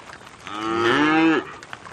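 Cow lowing once, a drawn-out moo that rises slightly and then drops off sharply after about a second, over steady background noise.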